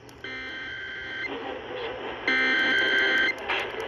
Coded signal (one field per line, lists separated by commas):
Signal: Emergency Alert System (SAME) tones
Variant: header bursts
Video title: 840 WHAS EAS 1221